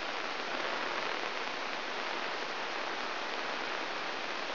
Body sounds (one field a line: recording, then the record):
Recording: brain microelectrode recording played as sound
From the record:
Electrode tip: inside the subthalamic nucleus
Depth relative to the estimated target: 2 mm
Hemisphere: left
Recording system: AlphaMap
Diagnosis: Parkinson's disease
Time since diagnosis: 12 years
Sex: female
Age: 56 years